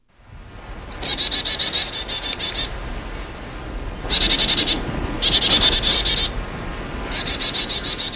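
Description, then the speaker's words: Chickadee calling: a few high thin opening notes followed by a run of buzzy repeated dee notes, the phrase given three times over about eight seconds. A few notes; a straightforward vocalist with a basic set of calls and songs. "To introduce Dave Gammon, here's the lowly chickadee pumping out a few notes."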